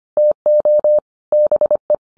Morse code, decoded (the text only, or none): TO BE